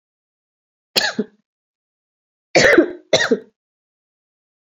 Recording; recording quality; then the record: heavy voluntary cough; excellent, no background noise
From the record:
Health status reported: exposed to COVID-19, no respiratory illness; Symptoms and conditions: cough, breathing difficulty, fever, fatigue, muscle pain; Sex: female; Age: 25 years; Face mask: not worn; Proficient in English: yes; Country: India